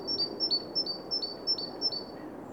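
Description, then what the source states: Bird sounding a steady series of high, piping two-part notes, roughly three per second, each a bright whistle dropping to a lower slur, against low hiss. Recorded in Oostduinen.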